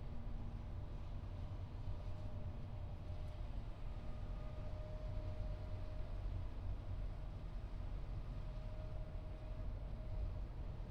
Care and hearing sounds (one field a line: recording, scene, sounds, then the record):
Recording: everyday scene through a hearing-aid microphone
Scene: in a vehicle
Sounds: engine, highway driving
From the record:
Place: Skoda Fabia, gasoline engine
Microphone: in the ear canal, left